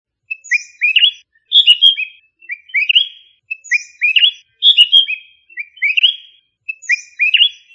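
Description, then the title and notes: Bird singing bright, high phrases of quick slurred chirps in a repeating cycle, clean and without other sounds. Bird songs from Indonesia. "Kicau Burung Indonesia"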